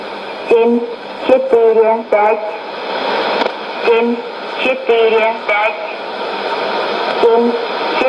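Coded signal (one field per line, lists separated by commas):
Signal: numbers station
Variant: S06s, Russian language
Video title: 27 06 2018 S06s Russian Lady numbers station in Russian to Eu 0730 on 12110 unknown tx site USB+AM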